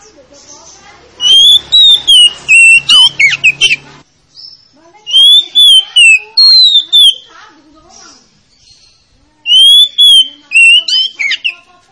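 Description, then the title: Oriental magpie-robin song: clear whistles broken by rapid chattering notes, given in three loud phrases with pauses between. Lure to make a reluctant magpie-robin that is slow to sing start singing. "Pancingan Kacer Yg Malas Bunyi"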